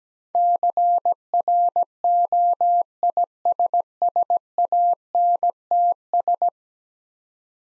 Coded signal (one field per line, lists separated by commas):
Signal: Morse code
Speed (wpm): 17 wpm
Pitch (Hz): 700 Hz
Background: none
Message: CROISSANTS